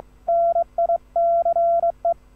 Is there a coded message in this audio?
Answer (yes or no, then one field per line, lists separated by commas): yes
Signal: Morse code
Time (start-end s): 0.3-2.1 s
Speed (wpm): 23 wpm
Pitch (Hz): 680 Hz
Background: none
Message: NICE